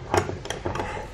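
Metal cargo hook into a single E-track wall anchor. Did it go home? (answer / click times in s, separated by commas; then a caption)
no / none. A large flat metal CargoSmart cargo hook, made for E-track and X-track systems, is handled against a single wall-mounted E-track anchor as it is hung. Light metallic ticks and taps are heard at about 0.1, 0.5, 0.8 and 1.2 s. Nothing has seated or clicked yet; the spring fitting has not locked into the slot.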